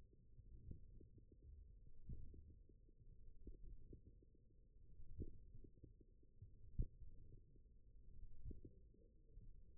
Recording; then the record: forearm muscle sounds (acoustic myography)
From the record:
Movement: wrist extension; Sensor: system 1, eight BSWA MPA416 microphones around the upper forearm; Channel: 7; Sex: male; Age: 20 years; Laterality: left